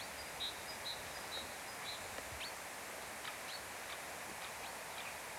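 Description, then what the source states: Bird calls, a series of short high whistled notes repeated about every half second, then scattered thin chirps, over a steady hiss of wind in trees. Forest with light wind.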